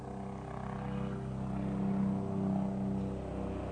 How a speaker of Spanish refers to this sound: Claudia Paz y Paz detiene un poco su comentario por ruido de un helicóptero.